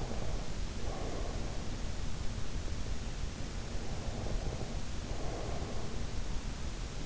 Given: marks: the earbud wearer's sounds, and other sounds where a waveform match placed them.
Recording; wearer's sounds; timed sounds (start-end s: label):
sounds in sleep by an in-ear microphone; breath
0.00-1.48 s: breath
4.13-6.07 s: breath